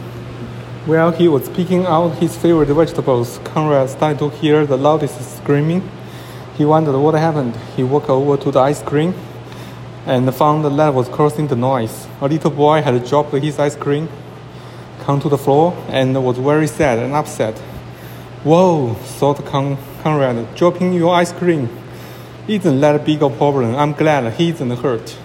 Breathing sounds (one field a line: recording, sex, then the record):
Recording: reading aloud after running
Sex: male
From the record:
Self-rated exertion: vigorous exertion (4 of 6)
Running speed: 10 miles an hour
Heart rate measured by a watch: 126 beats a minute at the start, 118 at the end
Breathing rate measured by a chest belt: 32 breaths a minute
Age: 37 years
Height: 174 cm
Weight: 76 kg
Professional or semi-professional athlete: no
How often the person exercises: over 5 times a week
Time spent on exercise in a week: over 5 hours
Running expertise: yes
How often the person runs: 3 to 5 times a week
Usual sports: running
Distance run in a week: 70 km